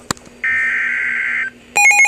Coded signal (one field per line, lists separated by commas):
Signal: Emergency Alert System (SAME) tones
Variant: header bursts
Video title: EAS #6 SVR